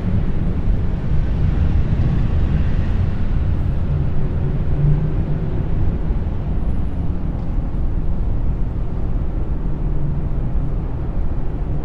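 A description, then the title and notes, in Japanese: Delta binaural beats: a steady, dense low rumble with soft humming tones sitting underneath, swelling slightly around the middle and again near the end. The level stays even throughout, with a duller hiss above and no distinct events. 都会のブラウンノイズ | スカイラインからのデルタバイノーラルビーツと共に。賑やかな都市の景色から20階建ての高さにご一緒にいただきます。120 Hzと123 Hzのデルタ・バイノーラル・ビーツ。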